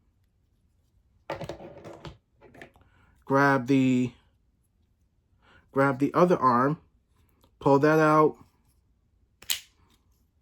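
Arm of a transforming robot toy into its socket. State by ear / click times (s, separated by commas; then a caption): seated / 9.5 s. Someone talks while handling a Transformers Age of the Primes Silverbolt & Superion robot toy, pulling out its other plastic arm and pushing it forward into its socket, with a few quiet clicks early on. At 9.5 s the arm snaps in with one loud, sharp snap, seating it in place.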